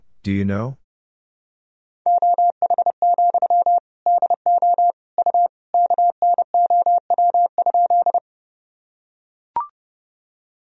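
A short spoken phrase opens, then a steady mid-pitched tone beeps out Morse code in quick groups for six seconds, ending with a click.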